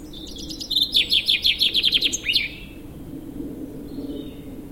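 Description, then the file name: Common chaffinch song: a fast run of repeated chipping notes that drops slightly, closing with a sharp downward flourish, then quiet background. "Fringilla coelebs"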